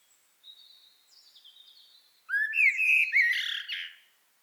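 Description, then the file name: Common blackbird: a run of quiet, thin, high whistles, then a loud warbling fluted phrase with squeaky high notes. "Turdus merula"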